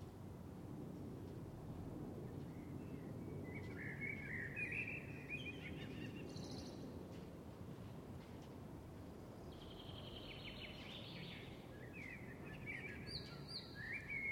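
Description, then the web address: Birds chirping in short, bright twittering phrases, several bursts over a steady low rumble from an aircraft. Birds on a summer evening, with a plane in the background. "Lynne Music 2 Birds-Summer-Evening-Plane"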